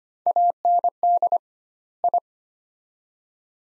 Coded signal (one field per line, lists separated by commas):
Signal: Morse code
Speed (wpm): 25 wpm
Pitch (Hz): 700 Hz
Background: none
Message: AND I